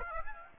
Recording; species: mosquito wingbeat signal from an infrared sensor; Aedes aegypti